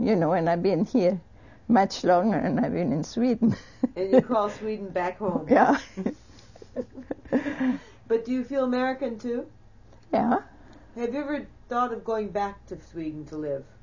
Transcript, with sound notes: You know, and I've been here much longer than I've been in Sweden.
And you call Sweden back home.
Yeah. ( she laughs )
But do you feel American, too?
Yeah.
Have you ever thought of going back to Sweden to live?